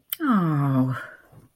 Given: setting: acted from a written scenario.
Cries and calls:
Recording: vocal sound without words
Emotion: disappointment

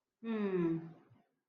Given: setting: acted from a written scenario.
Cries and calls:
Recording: vocal sound without words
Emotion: serenity

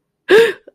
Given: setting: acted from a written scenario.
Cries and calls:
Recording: vocal sound without words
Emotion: fear

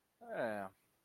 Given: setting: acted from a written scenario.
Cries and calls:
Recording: vocal sound without words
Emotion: sympathy

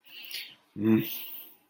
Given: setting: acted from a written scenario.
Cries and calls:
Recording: vocal sound without words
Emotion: guilt

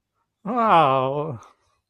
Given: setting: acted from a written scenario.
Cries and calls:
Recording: vocal sound without words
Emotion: elation

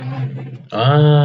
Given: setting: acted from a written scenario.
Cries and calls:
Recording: vocal sound without words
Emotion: distress

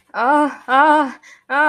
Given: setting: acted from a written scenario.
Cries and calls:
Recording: vocal sound without words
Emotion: distress

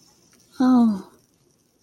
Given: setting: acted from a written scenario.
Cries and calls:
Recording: vocal sound without words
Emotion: relief

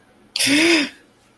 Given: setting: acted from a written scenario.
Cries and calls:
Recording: vocal sound without words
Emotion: fear

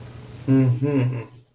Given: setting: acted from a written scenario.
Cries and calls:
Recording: vocal sound without words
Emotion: romantic love

